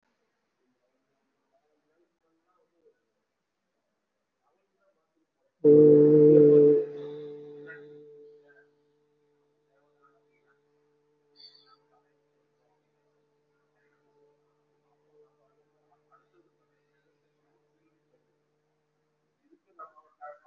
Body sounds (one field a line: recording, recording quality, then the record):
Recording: sustained vowel as in boot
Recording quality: moderate, slight background noise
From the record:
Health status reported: COVID-19 positive, mild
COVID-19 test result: positive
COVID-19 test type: RT-PCR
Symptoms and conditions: cough, cold, fever, fatigue, muscle pain, loss of smell and taste, hypertension, diabetes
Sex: male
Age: 64 years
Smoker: no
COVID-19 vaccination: both doses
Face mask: worn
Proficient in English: yes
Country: India